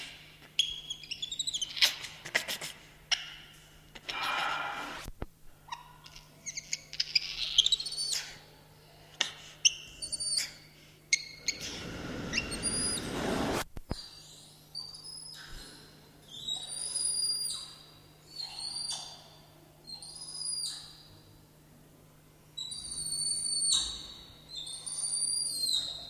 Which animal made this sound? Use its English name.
Black-handed Spider Monkey